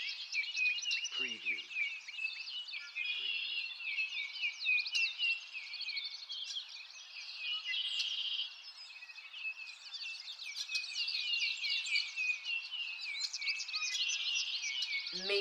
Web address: lynne-publishing Nature Ambience Birds In a Forest